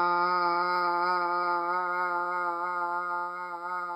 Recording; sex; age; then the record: sustained vowel /a/; female; 50 to 59 years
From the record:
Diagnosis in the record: healthy control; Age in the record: 50 years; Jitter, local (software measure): 0.46%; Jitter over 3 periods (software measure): 0.27%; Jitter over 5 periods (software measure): 0.30%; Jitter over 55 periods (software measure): 0.91%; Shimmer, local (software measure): 5.0%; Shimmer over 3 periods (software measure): 2.3%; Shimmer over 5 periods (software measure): 2.8%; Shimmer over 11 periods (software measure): 5.4%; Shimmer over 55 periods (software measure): 11.2%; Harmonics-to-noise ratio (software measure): 7.4 dB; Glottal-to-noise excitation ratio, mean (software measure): 0.93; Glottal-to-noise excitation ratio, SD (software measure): 0.028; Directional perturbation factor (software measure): 76.5%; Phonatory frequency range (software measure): 0.09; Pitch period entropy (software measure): 0.75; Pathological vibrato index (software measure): 0.25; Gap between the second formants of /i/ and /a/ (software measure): 2211 Hz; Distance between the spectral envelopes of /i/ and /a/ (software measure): 14.7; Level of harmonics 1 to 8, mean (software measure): -28.3, -15.2, -17.1, -17.0, -8.3, -14.3, -6.2, -10.4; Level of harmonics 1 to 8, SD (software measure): 4.5, 4.7, 3.5, 4.6, 5.0, 3.8, 3.7, 3.3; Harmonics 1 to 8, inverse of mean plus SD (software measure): 0.030, 0.050, 0.049, 0.046, 0.075, 0.055, 0.100, 0.073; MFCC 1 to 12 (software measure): -3.4, -25.4, -4.9, 0.4, -10.6, -8.5, -6.3, 8.6, -11.6, 7.9, 3.2, -10.8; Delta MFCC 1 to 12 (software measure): 0.006, -0.009, -0.004, -0.002, 0.009, 0.027, -0.005, 0.004, 0.007, 0.001, 0.017, -0.001